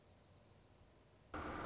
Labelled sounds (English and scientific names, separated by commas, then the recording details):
Dark-eyed Junco (Junco hyemalis)
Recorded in Sonoma County, California